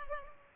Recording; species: mosquito wingbeat signal from an infrared sensor; Culex pipiens